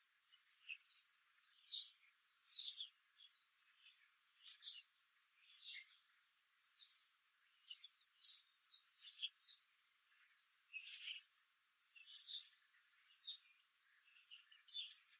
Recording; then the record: young laying hens in a cage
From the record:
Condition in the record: control cage, after the stress test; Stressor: none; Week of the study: 4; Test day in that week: 1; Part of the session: 2